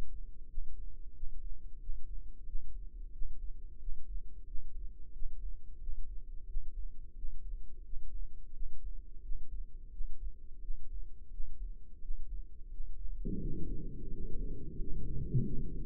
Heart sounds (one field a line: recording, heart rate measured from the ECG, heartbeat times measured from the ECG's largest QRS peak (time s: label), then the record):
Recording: heart sounds by microphone in the right ear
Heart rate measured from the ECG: 88 bpm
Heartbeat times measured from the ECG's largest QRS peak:
0.46 s: heartbeat
1.12 s: heartbeat
1.77 s: heartbeat
2.43 s: heartbeat
3.10 s: heartbeat
3.77 s: heartbeat
4.43 s: heartbeat
5.10 s: heartbeat
5.78 s: heartbeat
6.45 s: heartbeat
7.13 s: heartbeat
7.81 s: heartbeat
8.50 s: heartbeat
9.20 s: heartbeat
9.89 s: heartbeat
10.59 s: heartbeat
11.28 s: heartbeat
11.99 s: heartbeat
12.68 s: heartbeat
13.38 s: heartbeat
14.09 s: heartbeat
14.76 s: heartbeat
15.43 s: heartbeat
From the record:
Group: healthy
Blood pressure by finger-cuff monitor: 110/67 mmHg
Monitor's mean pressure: 79 mmHg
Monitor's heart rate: 90 bpm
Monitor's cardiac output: 7.5 L/min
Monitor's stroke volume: 85 mL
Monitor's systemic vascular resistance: 750 dyn s/cm5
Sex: male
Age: 33 years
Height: 179 cm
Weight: 80.4 kg